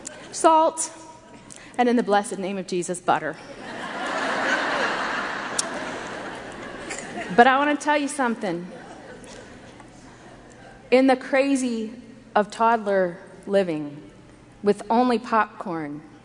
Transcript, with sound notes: salt, and in the blessed name of Jesus, butter. (laughter) But I want to tell you something. In the crazy of toddler living, with only popcorn,